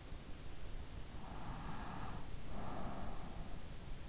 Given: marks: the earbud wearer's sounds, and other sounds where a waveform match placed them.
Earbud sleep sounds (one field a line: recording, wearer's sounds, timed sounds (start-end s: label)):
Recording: sounds in sleep by an in-ear microphone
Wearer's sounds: breath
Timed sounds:
1.24-3.53 s: breath